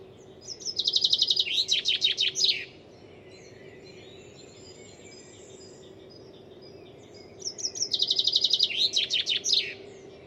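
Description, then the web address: Bird song: two bursts of fast, high chirping notes about two seconds long, with a long pause between, over a faint steady hum. "cianscape birddata Deverinetal 2025 File origin Bird Only"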